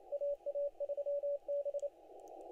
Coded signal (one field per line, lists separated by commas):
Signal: Morse code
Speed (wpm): 27 wpm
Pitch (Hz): 560 Hz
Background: none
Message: AA3B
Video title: Listening around ow WAE CW Contest on 20M 8/10/25 20:00Z